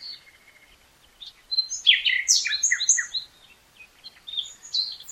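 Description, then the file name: Common nightingale song: a soft whistled opening, then a loud, rapid jumble of varied chattering and rattling notes, followed by quieter phrases. "Luscinia megarhynchos"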